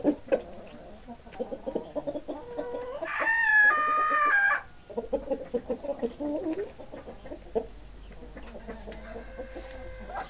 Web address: hobokenchicken kira. chickens